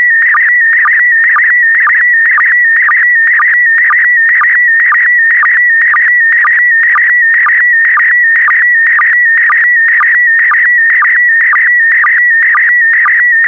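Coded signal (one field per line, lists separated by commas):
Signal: SSTV (slow-scan television)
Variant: PD120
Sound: continuous warbling tone near 2 kHz with rhythmic short low sync blips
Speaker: Five, four, three, two, one. Thank you. Transmission complete. You can now check your decoded image against the picture that is shown on the video.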